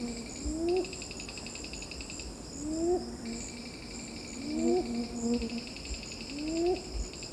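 Red-billed ground cuckoo uttering low, upward-sliding moaning notes every couple of seconds, with pulsed insect trills switching on and off in the background.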